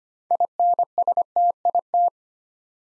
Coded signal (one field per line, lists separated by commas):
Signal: Morse code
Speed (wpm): 25 wpm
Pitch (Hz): 700 Hz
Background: none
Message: INSTIT